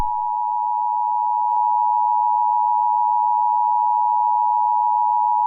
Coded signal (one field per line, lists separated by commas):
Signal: Emergency Alert System (SAME) tones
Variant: 853 and 960 Hz attention tone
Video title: EAS Scenario #5 - Time Goes Forwards